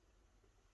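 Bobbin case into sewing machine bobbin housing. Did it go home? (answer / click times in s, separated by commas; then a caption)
no / none. A threaded bobbin case is handled as it is pushed back toward the bobbin housing of a sewing machine. Only a faint, steady low rumble and soft hiss can be heard, with no sharp sounds. Nothing has seated or clicked yet.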